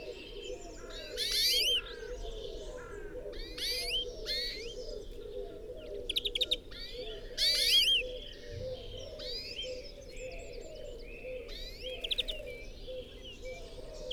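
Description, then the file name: European greenfinch twittering song, bright trilled phrases and rising sweeps at intervals, with lower calls beneath and other birdsong around. "Chloris chloris"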